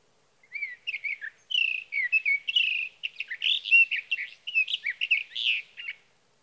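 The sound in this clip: Sage thrasher giving a lengthy, rambling warble: clear whistles mixed with buzzy and chattering notes, pouring out rapidly with only brief pauses for nearly six seconds.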